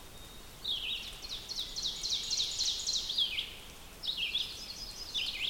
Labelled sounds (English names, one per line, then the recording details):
Ovenbird song
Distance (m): 60 m
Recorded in boreal forest in Alberta, Canada, on 5 June 2016 at 08:07
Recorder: SongMeter 3, array SBT-3-51
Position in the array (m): 244 m, 124 m
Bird 28